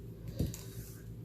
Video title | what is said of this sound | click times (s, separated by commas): STAMPIN' UP! Beautiful Moments Embossed Card | that's how it goes, but then when you cap them, you need to make sure it clicks. | 0.5 s